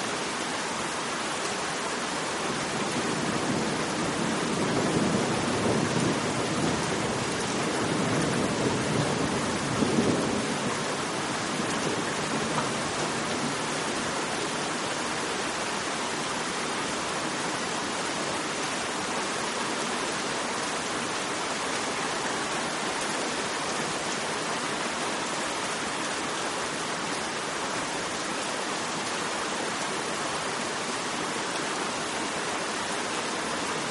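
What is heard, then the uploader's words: Steady, dense rainfall hisses evenly throughout, with a soft low rumble swelling between about four and ten seconds before fading back. Gentle Rainfall. The raindrops hitting the hot sand and cool water.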